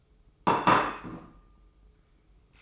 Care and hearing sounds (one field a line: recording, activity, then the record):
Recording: daily activity, microphone in the room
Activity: place plate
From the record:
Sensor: 1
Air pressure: 995.3 hPa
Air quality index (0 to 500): 29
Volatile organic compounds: 1 ppm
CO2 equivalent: 550 ppm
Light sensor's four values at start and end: 13/47/17/18 and 13/47/17/17